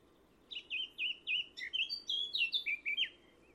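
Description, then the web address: Bird song: a rapid run of sweet, slurred whistles, first a series of similar notes, then rising into higher twittering before dropping again. "Bird Only"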